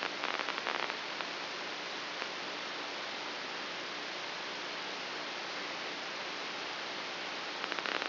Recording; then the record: brain microelectrode recording played as sound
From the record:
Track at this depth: inside the subthalamic nucleus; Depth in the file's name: 0.956 mm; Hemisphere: left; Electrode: 2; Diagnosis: Parkinson's disease